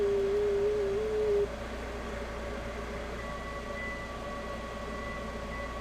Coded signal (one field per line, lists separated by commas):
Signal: FT8